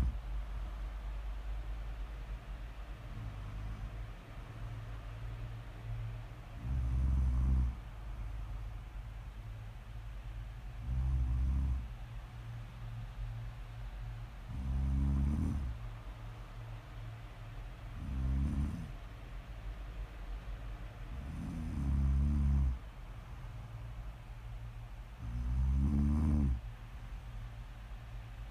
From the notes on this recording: ASMR snoring